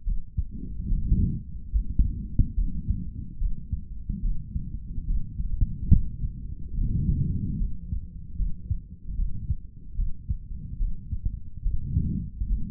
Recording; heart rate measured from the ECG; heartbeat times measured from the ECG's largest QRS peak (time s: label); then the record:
heart sounds by stethoscope; 72 bpm
0.04 s: heartbeat
0.88 s: heartbeat
1.71 s: heartbeat
2.54 s: heartbeat
3.38 s: heartbeat
4.21 s: heartbeat
5.06 s: heartbeat
5.91 s: heartbeat
6.75 s: heartbeat
7.58 s: heartbeat
8.36 s: heartbeat
9.15 s: heartbeat
9.96 s: heartbeat
10.78 s: heartbeat
11.63 s: heartbeat
12.48 s: heartbeat
From the record:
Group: healthy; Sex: male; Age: 55 years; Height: 167 cm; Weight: 57.2 kg